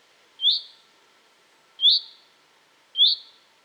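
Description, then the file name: Common chaffinch giving three crisp, upslurred call notes about a second apart against a faint, steady hiss. "Fringilla coelebs"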